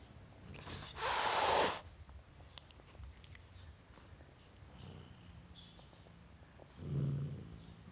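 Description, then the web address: Domestic cat giving a harsh, airy hiss just under a second long, followed later by a softer low puff of breath. Male tom cat hissing at a dog. "The BBC Sound Effects Library - Complete 60 CDs Collection Sound Effects Library-44 (Cats) 51 Tom Cat Hissing At Dog"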